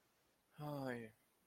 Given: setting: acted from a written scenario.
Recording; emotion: vocal sound without words; guilt